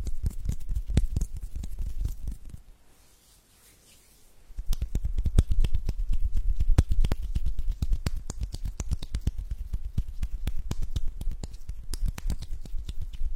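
Hand-massage sounds: dense, irregular skin rubs and soft taps with low thumps, pausing into near silence around three to four seconds.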